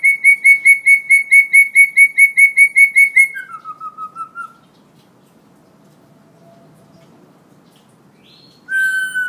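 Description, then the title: Hill myna whistling a fast run of bright, even notes, then a few lower slurred notes, a long pause, and a loud whistle at the end. Energetic 'gacor' singing myna; recording intended as a master tutor track for training birds. "Suara Burung Beo Gacor Cocok Untuk Masteran"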